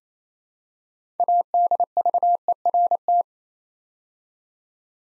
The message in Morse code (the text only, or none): ADVERT